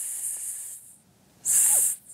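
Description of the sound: An adult imitates persistent ear noise: a soft, high-pitched hissing, like hissing very carefully between the teeth, in two bursts separated by a short pause. Tinnitus (hissing), present for years and never falling silent, which began suddenly after a moment of shock 10 years ago.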